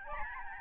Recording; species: mosquito wingbeat signal from an infrared sensor; Aedes albopictus